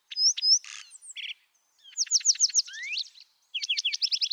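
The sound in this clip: Lark sparrow singing a jumbled sequence of high chips, buzzes and fast trilled phrases, with a rising slurred note before a final rapid series of repeated notes.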